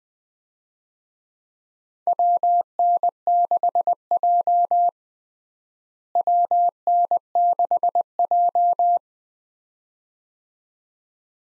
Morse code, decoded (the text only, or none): WN6J WN6J